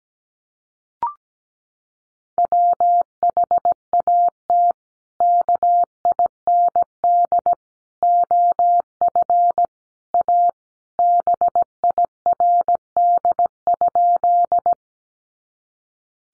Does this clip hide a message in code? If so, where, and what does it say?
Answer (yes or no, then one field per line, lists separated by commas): yes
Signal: Morse code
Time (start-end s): 2.4-14.7 s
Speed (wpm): 17 wpm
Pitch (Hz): 700 Hz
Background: none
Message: WHAT KIND OF A BIRD?